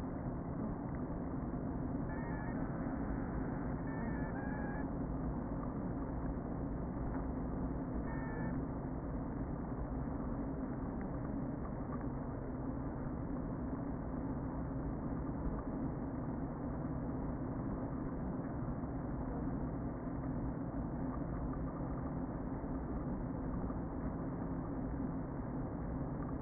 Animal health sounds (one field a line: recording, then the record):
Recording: honeybee colony, microphone inside the hive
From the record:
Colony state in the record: queen present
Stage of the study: before two queens were removed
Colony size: about 60,000 bees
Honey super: yes